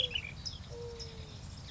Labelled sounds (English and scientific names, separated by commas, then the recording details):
Mourning Dove (Zenaida macroura)
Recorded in Sonoma County, California